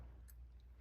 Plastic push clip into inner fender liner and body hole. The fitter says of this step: pop in till it Clips in place like that